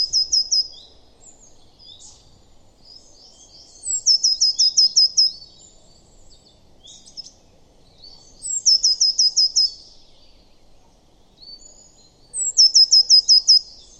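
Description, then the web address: Eurasian blue tit calling: high, thin chattering trills of about six rapid notes, repeated roughly every four seconds, with faint softer twittering between bursts. "cianscape. Deverinetal"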